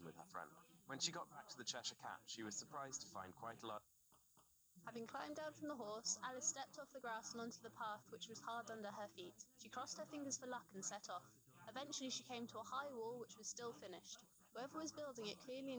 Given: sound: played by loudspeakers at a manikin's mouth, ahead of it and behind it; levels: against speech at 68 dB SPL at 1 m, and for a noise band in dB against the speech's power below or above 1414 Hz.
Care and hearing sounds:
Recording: test signals for a remote microphone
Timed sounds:
0.00-3.77 s: man speaking, babble ahead at +6 dB SNR for speech at 1 m
4.15 s: click
4.40 s: click
4.77-15.78 s: woman speaking, babble ahead at +6 dB SNR for speech at 1 m
From the record:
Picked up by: remote receiver E, fed by microphone B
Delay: 43 ms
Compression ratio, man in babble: 2.17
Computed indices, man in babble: HASPI 1.000, HASQI 0.272 (non-linear 0.310, linear 0.875), ESTOI 0.631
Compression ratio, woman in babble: 1.93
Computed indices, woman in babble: HASPI 0.967, HASQI 0.321 (non-linear 0.358, linear 0.894), ESTOI 0.706

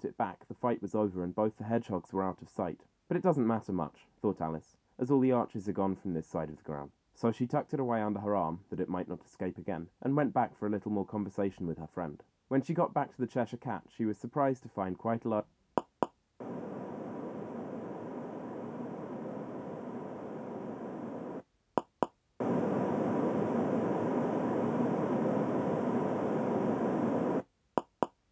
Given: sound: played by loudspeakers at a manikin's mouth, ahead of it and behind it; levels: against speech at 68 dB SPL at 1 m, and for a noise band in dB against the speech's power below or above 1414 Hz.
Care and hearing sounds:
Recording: test signals for a remote microphone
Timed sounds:
0.00-15.40 s: man speaking
15.78 s: click
16.03 s: click
16.40-21.40 s: speech-spectrum noise, -10 dB
21.78 s: click
22.03 s: click
22.40-27.40 s: speech-spectrum noise, 0 dB
27.78 s: click
28.03 s: click
From the record:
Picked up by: measurement microphone

